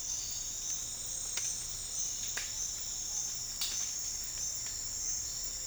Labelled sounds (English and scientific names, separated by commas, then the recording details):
none
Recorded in dense forest near Puerto Asís, Putumayo, Colombia, on 8 March 2025 at 08:00
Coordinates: 0.484, -76.317
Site G064